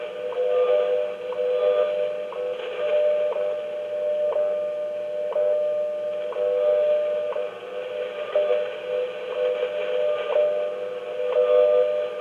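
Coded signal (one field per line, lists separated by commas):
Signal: radio time signal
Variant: WWV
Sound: steady low audio tone with a sharp tick every second, over shortwave hiss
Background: radio static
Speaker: it reads off the WWV time standard Fort Collins Colorado that gets broadcast on a few different frequencies and this one picks up five 10 or 15 mahz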